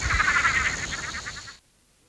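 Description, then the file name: Roth's tree frog giving a quick pulsed rattling call for about a second and a half, with a high whine, then abrupt silence. "Litoria rothii"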